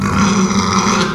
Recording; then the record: squeal of a Yucatan mini pig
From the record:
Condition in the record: after surgery on the right vocal fold (resection and tissue-engineered implant); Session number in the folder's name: 17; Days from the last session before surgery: 195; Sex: female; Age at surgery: 19 weeks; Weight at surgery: 25 kg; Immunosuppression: prednisolone